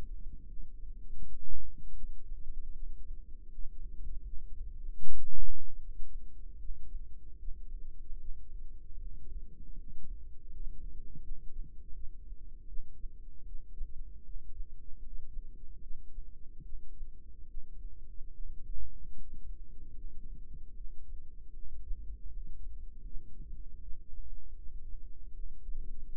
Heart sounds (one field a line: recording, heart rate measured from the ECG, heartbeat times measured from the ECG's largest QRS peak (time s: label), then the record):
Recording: heart sounds by microphone in the right ear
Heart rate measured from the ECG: 77 bpm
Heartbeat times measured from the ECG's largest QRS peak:
0.43 s: heartbeat
1.13 s: heartbeat
1.92 s: heartbeat
2.70 s: heartbeat
3.45 s: heartbeat
4.21 s: heartbeat
4.98 s: heartbeat
5.76 s: heartbeat
6.56 s: heartbeat
7.35 s: heartbeat
8.16 s: heartbeat
8.96 s: heartbeat
9.73 s: heartbeat
10.46 s: heartbeat
11.19 s: heartbeat
11.90 s: heartbeat
12.64 s: heartbeat
13.42 s: heartbeat
14.21 s: heartbeat
14.98 s: heartbeat
15.78 s: heartbeat
16.60 s: heartbeat
17.44 s: heartbeat
18.29 s: heartbeat
19.12 s: heartbeat
19.91 s: heartbeat
20.72 s: heartbeat
21.51 s: heartbeat
22.27 s: heartbeat
23.00 s: heartbeat
23.78 s: heartbeat
24.53 s: heartbeat
25.29 s: heartbeat
26.07 s: heartbeat
From the record:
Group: healthy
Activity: rest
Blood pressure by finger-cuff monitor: 95/58 mmHg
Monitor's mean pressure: 73 mmHg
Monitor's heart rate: 77 bpm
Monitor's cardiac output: 6.5 L/min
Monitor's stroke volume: 85 mL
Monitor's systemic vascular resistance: 770 dyn s/cm5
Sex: female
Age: 26 years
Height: 165 cm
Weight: 55 kg